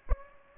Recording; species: mosquito wingbeat signal from an infrared sensor; Aedes albopictus